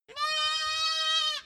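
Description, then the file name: Goat, a young one, giving a single steady, high-pitched baa lasting over a second, ending with a slight downward break. A young goat (lamb) bleating, heard from a distance. "goat baa lamb classic distant"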